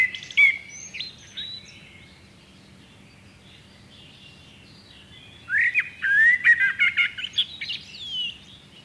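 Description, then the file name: Common blackbird song: a brief squeaky phrase, several seconds of quiet, then a long run of tumbling whistles and high twittering notes. "Turdus merula"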